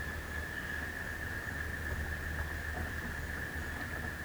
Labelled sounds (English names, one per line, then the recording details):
none
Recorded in secondary vegetation near Puerto Asís, Putumayo, Colombia, on 13 March 2025 at 12:00
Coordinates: 0.498, -76.327
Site G001